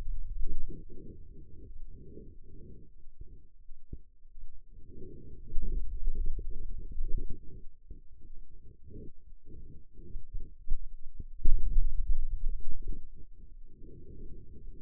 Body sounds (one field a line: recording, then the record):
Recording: forearm muscle sounds (acoustic myography)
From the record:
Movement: hand opening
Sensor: system 2, bracelet of six BSWA MPA416 microphones around the upper forearm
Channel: 5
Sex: male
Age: 22 years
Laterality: right